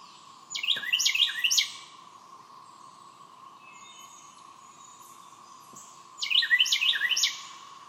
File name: carolina wren